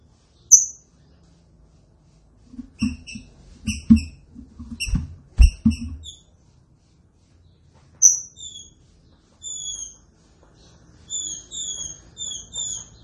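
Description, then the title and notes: Green-winged saltator song: a cluster of sharp, stacked whistled notes over low knocking sounds, then slurred whistles in a loose series. Training recording of the classic song style (canto clássico). "Canto Clássico Trinca Ferro TREINAMENTO. trinca fero"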